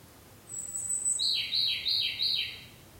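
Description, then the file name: Ryukyu robin song: a thin, very high whistled note followed by a lower series of four quick, falling, repeated phrases, with faint background hiss. Recorded 5 May 2013. "130505 akahige"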